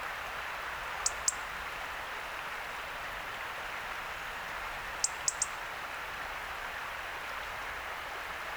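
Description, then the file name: European robin uttering a quick pair of high ticks, then a fast run of three, and one more at the close, over an even rushing noise. "Erithacus rubecula"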